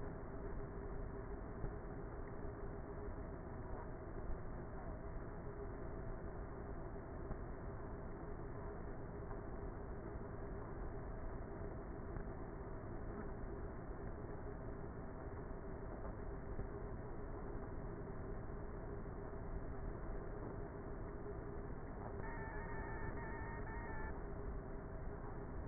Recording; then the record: honeybee colony, microphone inside the hive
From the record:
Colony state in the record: queenless with a low population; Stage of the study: before two queens were removed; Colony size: about 30,000 bees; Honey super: no